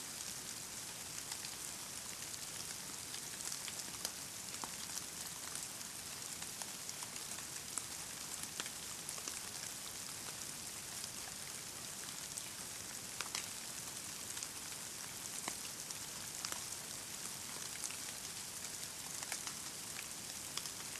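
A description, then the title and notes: Snow falls steadily in a forest, heard as a dense, even hiss that sits high and bright and never lets up. Small crisp ticks and drips land scattered throughout, a few every several seconds, against the constant wash. Snow Falling in the Forest.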